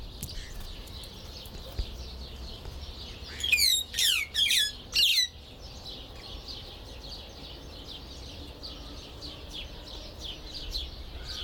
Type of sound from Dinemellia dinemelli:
call